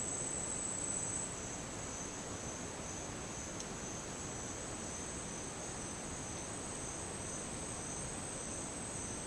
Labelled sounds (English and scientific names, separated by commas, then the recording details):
none
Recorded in dense forest near Puerto Asís, Putumayo, Colombia, on 19 June 2025 at 11:30
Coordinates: 0.484, -76.317
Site G045